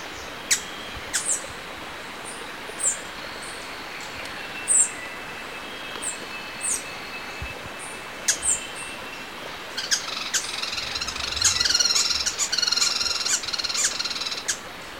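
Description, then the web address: Slaty-capped flycatcher calls: sharp, very high chirps repeated several times, then a denser burst of other sounds in the final seconds. Recorded in Ecuador. "Birds of Ecuador. Slaty-capped Flycatcher"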